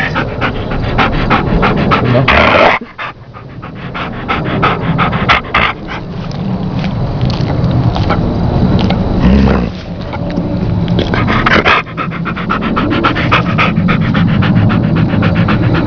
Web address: Key Multimedia Greetings Soft Key 1997. doggrowl